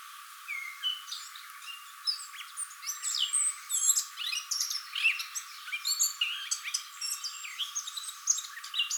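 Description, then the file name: Eurasian blackcap in a continuous, fairly soft tangle of fast chirps, twittering notes and sharp clicks, growing busier midway and running to the end. "Sylvia atricapilla"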